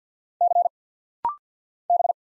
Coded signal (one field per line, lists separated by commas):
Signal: Morse code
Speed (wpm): 50 wpm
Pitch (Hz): 700 Hz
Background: none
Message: C B